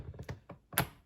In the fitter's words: so this one instead of pushing it down there's a little lever over here you click it in place and then it locks into place